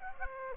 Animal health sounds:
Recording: mosquito wingbeat signal from an infrared sensor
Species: Aedes aegypti

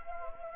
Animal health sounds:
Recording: mosquito wingbeat signal from an infrared sensor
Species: Anopheles gambiae

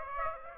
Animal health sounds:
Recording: mosquito wingbeat signal from an infrared sensor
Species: Aedes aegypti

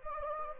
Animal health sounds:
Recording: mosquito wingbeat signal from an infrared sensor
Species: Anopheles gambiae

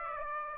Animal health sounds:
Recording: mosquito wingbeat signal from an infrared sensor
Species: Aedes aegypti

